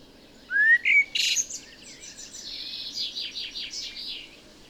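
Common blackbird song: a rising fluty note, then a burst of harsh high twittering that trails off in quick chattering notes.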